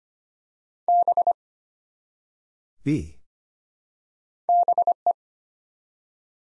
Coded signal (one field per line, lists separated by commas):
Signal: Morse code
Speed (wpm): 25 wpm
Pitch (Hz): 700 Hz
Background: none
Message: B BE